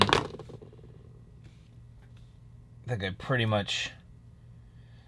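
A T8 Torx driver bit, twisted hard on a tight scale screw of a Shieldon folding knife, slips in the screw head with sharp metallic cracks at 0.0 s and 0.1 s. Someone then talks. The bit is stripped.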